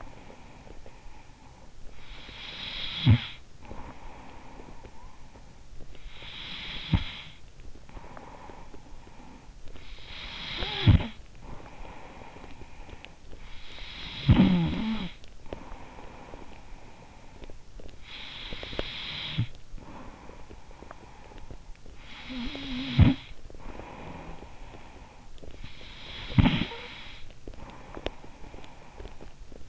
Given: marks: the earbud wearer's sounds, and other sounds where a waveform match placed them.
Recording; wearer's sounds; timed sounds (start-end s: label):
sounds in sleep by an in-ear microphone; snoring breath
0.00-13.28 s: snoring breath
13.67-29.24 s: snoring breath